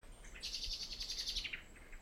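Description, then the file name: Common blackbird calls: a rapid run of sharp, high chipping notes that drop slightly in pitch at the end, over a faint low rumble. "Turdus merula"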